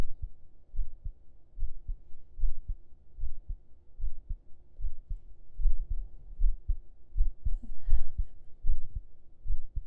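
Muffled low thumps in a steady rhythm near 77 per minute, an ordinary adult heartbeat heard with the listener lying on the chest under the shirt.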